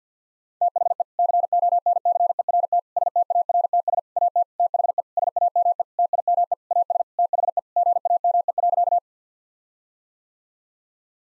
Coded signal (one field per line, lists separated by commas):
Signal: Morse code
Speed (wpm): 50 wpm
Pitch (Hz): 700 Hz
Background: none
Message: THE CONCERT STARTS AT THE SAME TIME AS THE GAME.